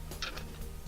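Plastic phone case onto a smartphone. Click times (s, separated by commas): 0.2 s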